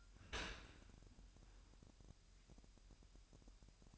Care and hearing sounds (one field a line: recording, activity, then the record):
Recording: daily activity, microphone in the room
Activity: open dishwasher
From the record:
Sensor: 2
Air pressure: 998.2 hPa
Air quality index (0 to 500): 147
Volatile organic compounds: 4 ppm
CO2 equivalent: 1660 ppm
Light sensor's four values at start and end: 10/30/12/11 and 10/30/12/11